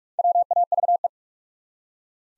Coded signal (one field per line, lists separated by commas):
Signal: Morse code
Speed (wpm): 44 wpm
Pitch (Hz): 700 Hz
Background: none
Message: WAVE